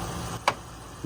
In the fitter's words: quarter turn you're going to hear a pop it's that easy